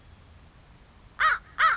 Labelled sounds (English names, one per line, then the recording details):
American Crow
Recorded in Sonoma County, California